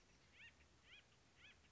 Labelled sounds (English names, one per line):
Acorn Woodpecker